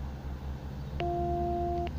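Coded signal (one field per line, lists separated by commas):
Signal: beep code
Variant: DMR handheld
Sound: a single low steady beep lasting about one second, with a click at start and end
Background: low background hum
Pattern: 1 long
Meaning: The repeater did not grant permission to talk, so transmission is refused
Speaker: 12, j'appuie sur le PTT. Voilà, chaque fois ça sonne que c'est pas bon.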